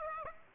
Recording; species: mosquito wingbeat signal from an infrared sensor; Aedes aegypti